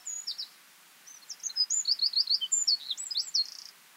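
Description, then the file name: Eurasian wren song: a few high notes, then a fast run of sharp, piercing chirps ending in a dry trill. "Troglodytes troglodytes"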